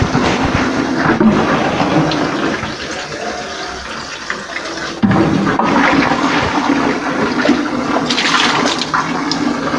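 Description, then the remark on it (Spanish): A toilet flushes with a loud, steady rush of gushing water that runs for about ten seconds, surging briefly halfway through before settling into a continuous refilling hiss. No one speaks. “O deberían echarle agua, ¿no?”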